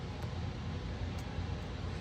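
A steel snap ring is being worked onto the groove of a pivot shaft on a Wesley Fab motorcycle rearset for a Honda Grom, using snap-ring pliers. Only a steady broadband hiss with low rumble is heard, with no sharp transients. Nothing has seated or clicked yet.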